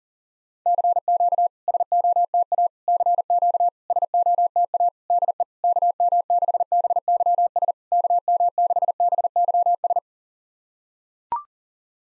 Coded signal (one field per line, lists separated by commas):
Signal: Morse code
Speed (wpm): 40 wpm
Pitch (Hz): 700 Hz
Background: none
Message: CQ SOTA CQ SOTA DE KM6BYS KM6BYS